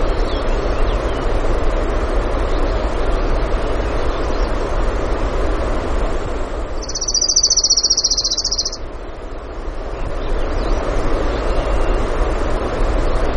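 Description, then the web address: Orange-crowned warbler gives one rapid high trill lasting about two seconds, heard over continuous rushing noise. Recorded in Denali, Alaska, on 16 June 2016 in the early morning, at 05:32. "alaska acoustic highlights BIRDS 20160616 053228 Orange-Crowned"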